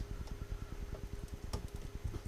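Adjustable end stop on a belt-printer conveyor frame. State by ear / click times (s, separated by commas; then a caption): seated / 1.5 s. An adjustable end stop on a 3D-printer belt conveyor frame is pushed up until it clicks into position, with a sharp click at 1.5 s. A steady low hum and rapid rhythmic ticking run underneath throughout. The end stop ends up seated.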